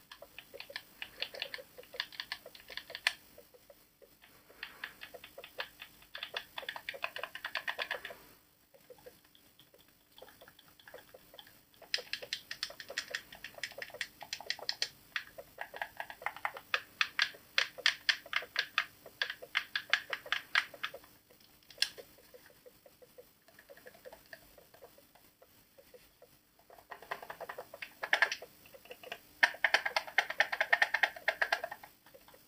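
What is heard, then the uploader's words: Controller buttons and tapping click rapidly and crisply, in dense runs with short pauses around 8, 11 and 27 seconds. The clicks are bright and light, quieter in the middle, and grow busiest and loudest near the end. ASMR Unboxing PS4-Controller | ASMR Controller Sounds and Tapping.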